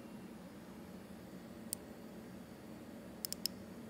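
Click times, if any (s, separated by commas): 1.7 s, 3.2 s, 3.3 s, 3.5 s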